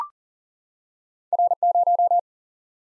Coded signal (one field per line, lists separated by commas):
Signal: Morse code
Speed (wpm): 43 wpm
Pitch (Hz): 700 Hz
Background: none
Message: R 0